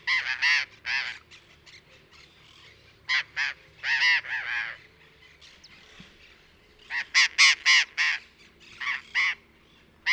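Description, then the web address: Burrowing parrot raucous screeching in irregular bursts with quiet gaps between them. "parrots cyanoliseus-patagonus"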